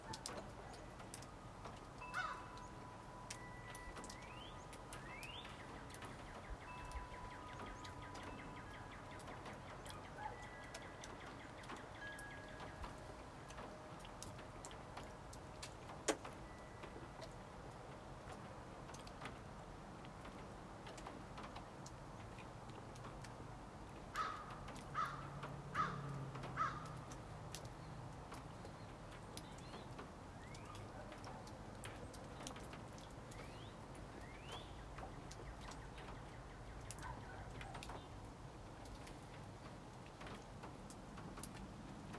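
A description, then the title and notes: Melting snow drips from a cabin roof, with scattered sharp ticks and taps landing irregularly throughout. A steady low rumble, like passing traffic, runs underneath. A slightly louder knock comes near the middle, and a brief thin tone sounds around the 25-second mark. Snow melts off the roof of a red cabin. Sparkling water droplets fall and make puddles of crystal on the snow covered ground.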